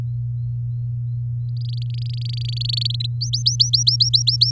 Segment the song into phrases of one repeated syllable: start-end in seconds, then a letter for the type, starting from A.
1.48-2.87 A, 2.90-3.06 B, 3.21-4.51 C